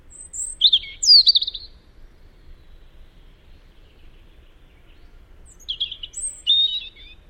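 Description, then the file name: European robin singing a short phrase of sweet, high warbled notes, a few seconds of quiet, then a second sparkling, tumbling phrase. "Tomas Belka - Zaryanka Erithacus rubecula"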